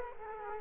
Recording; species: mosquito wingbeat signal from an infrared sensor; Culex quinquefasciatus